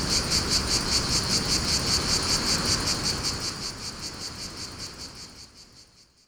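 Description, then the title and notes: Rhythmic cicada buzzing pulses steadily, then the whole sound fades away to near silence over the final seconds, with wind beneath. Cicadas in a pine wood at Fontvieille, France, during mistral wind; two Shure BG 4.0 microphones, DIY windshield, Tascam DA-P1 DAT recorder, excerpt from CD-R copy. "Fontvieille, France - Mistral et cigales. Le Mistral dans la pinède les cigales et insectes au sol , quelques bruits de circulation"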